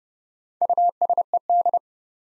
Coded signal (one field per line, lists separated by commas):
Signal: Morse code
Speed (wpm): 30 wpm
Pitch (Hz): 700 Hz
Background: none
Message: USED